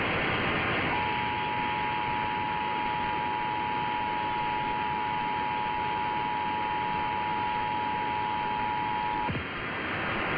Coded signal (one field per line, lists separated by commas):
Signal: Emergency Alert System (SAME) tones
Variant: 853 and 960 Hz attention tone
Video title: [EAS #2025-#2029] The First San Diego Monthly Tests & KPWR Weekly Test for 2023